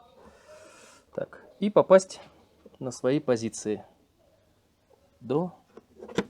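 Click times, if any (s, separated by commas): 6.2 s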